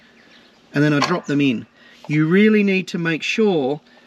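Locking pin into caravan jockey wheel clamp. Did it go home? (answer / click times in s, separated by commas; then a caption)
no / none. Locking pins are handled at the base of a caravan jockey wheel clamp, about to be dropped back into place, while someone talks over faint background noise. Nothing has seated or clicked yet.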